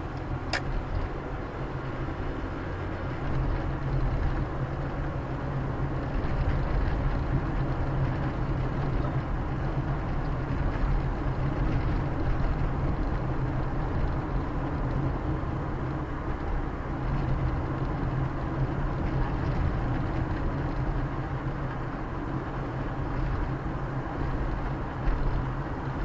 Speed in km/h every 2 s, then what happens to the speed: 36, 38, 41, 42, 44, 46, 49, 51, 50, 50, 50, 50, 47.
0-14 speeds up to 51. 14-26 steady at about 50.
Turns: none.